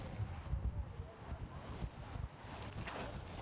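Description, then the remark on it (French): Steady wind buffets the microphone over a continuous low rumble of breaking waves on a beach, with a brief surge of hiss near the end and no voices. “Et on va entendre le bruit des vagues, et puis le bruit du vent, et le bruit des oiseaux.”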